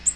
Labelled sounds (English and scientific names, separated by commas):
Black-throated Green Warbler (Setophaga virens) flight call